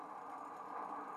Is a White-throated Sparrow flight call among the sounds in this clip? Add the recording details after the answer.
no. No flight call is heard. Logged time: 01:51 on 5 December 2014